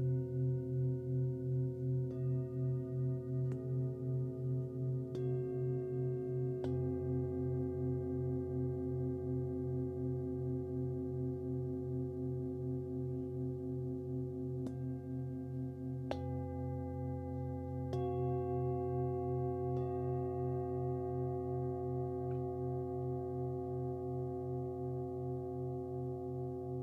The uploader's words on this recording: A Himalayan Bowl Meditation.